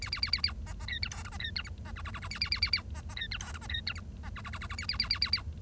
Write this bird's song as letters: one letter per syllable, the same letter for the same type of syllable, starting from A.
A A A A A B B C D E F B C D G B H H H H A A A A A B B C D E F B C D G B H H H H H A A A A A A